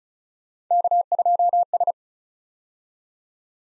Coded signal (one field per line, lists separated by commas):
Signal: Morse code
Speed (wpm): 36 wpm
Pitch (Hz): 700 Hz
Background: none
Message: K2S